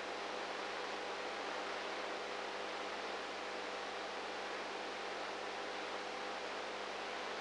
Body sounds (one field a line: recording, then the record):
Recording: brain microelectrode recording played as sound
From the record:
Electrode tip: inside the subthalamic nucleus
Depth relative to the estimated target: -4 mm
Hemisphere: right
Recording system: NeuroSet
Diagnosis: Parkinson's disease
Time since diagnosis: 19 years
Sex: female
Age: 58 years